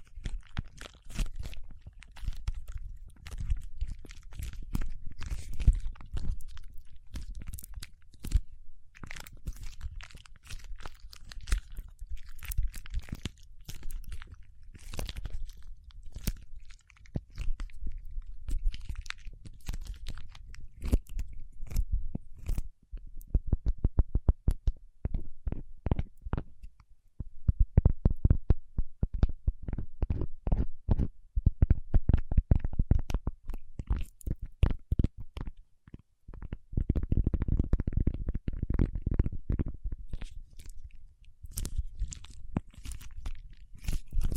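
Paraffin wax being peeled, tapped and scratched, with a dense, irregular stream of crackly snaps and scrapes throughout. Around 23 to 37 seconds the sounds turn into rapid, sharper clicks in quick bursts, and a heavier, lower crunching patch comes near 37 to 40 seconds.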